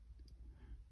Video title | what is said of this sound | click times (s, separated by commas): Charger Hurst instal (not great video lol) | this just snaps into place | 0.3 s